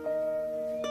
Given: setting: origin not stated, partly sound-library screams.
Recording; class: one-second piece from a danger detection set; normal situation